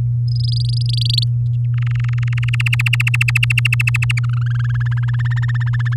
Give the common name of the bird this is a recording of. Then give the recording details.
Domestic Canary. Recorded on 8 May 2018 at 12:46. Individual llb16